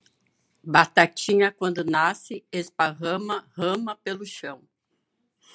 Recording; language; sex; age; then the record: short text; Brazilian Portuguese; female; 60 to 69 years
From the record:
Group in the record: control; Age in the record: 66 years